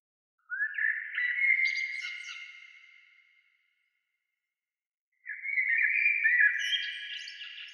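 Bird song in two long, rapid warbling phrases of twittering notes and trills, separated by a gap of about two seconds.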